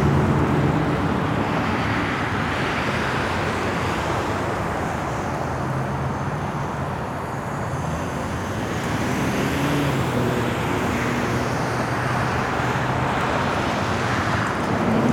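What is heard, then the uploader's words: Wind rushes steadily through a city street, a dense, unbroken roar heavy in the low and middle range. Traffic noise blends into it, with a slight easing around the middle before the gusting swells again. Nothing stands out from the continuous wash. Windy Day in the City.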